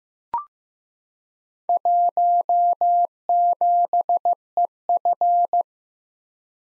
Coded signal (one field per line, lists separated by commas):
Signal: Morse code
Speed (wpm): 15 wpm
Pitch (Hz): 700 Hz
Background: none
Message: 17EF